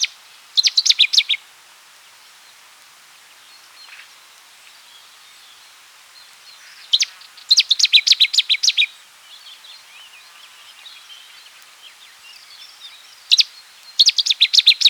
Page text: Cettis Warbler Song and Calls. Quick Sounds